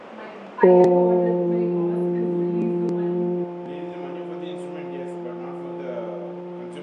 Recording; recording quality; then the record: sustained vowel as in boot; moderate, slight background noise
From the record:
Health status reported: healthy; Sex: male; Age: 30 years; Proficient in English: yes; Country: India